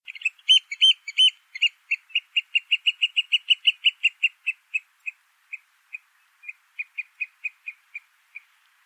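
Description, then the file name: Eurasian oystercatcher calls, a rapid series of shrill piping notes that speed up in the middle, then slow and space out toward the end. "Tjeld lyd"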